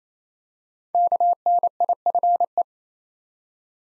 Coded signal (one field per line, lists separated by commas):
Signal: Morse code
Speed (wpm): 27 wpm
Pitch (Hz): 700 Hz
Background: none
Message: KNIFE